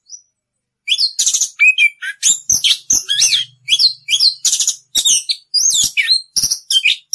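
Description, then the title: Orange-headed thrush song after a brief opening note: a fast run of varied chips, slurs and twittered phrases, with a faint low hum briefly underneath. Song style called ngerol, a rolling continuous delivery; used as a masteran, a training recording for caged songbirds. "Anis Kembang 9. suara anis kembang ngerol"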